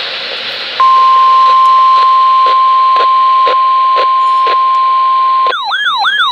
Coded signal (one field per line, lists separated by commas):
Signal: Emergency Alert System (SAME) tones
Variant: 1050 Hz attention tone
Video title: MAINE MERRIMENT II... Severe Weather EAS Alerts from July 13-20th, 2024 (EAS #1,167-1,244)